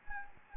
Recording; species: mosquito wingbeat signal from an infrared sensor; Anopheles gambiae